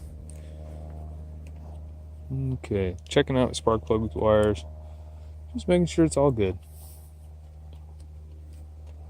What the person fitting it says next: See, that one didn't quite click the way I liked it.